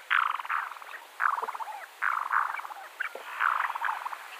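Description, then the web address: Black-bellied sandgrouse calls, short gurgling churrs about every second, each a rapid rattle of pulses, over faint background hiss. "Schulze Peter Black-bellied Sandgrouse"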